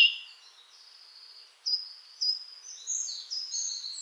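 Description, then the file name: Eurasian blackcap giving a short warble of high notes, starting loud, then several short scratchy notes and thin whistles. "Sylvia atricapilla"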